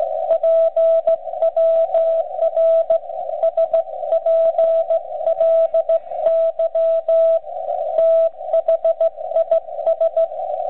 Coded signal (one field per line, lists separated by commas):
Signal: Morse code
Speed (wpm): 15 wpm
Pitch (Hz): 660 Hz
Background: radio noise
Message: PWR SPLY THIS